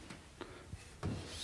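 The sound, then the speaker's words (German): A few soft wooden knocks and clunks, then a longer scraping slide as a drawer is pulled open, all fairly quiet with no voices. “6, 7 Schubladen.”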